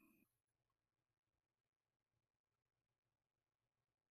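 A trumpet piston valve that spins freely in its valve casing is turned by hand so its plastic guide tab can drop into the notch. A brief louder burst at the start gives way to faint, low handling rustle. Nothing has seated or clicked yet.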